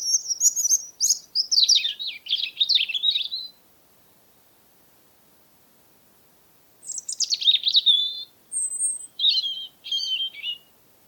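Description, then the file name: European robin song: two bursts of high, tumbling twittering phrases with sliding thin notes, separated by a pause of about three seconds. "european robin - erithacus rubecula"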